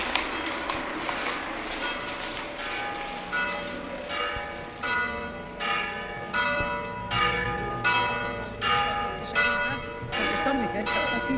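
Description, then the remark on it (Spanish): Church bells, from a nuns' church on a street behind, peal in a steady run of bright, clanging strokes, about one per second, their ringing overtones piling up over a low background murmur after a few seconds of mixed noise. “Ahora se oyen menos, porque las campanas, ahí arribita hay una, y aquí en esta calle de atrás hay una iglesia de las monjas.”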